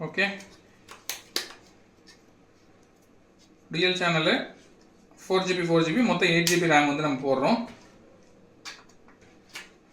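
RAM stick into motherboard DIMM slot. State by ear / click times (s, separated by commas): seated / 9.6 s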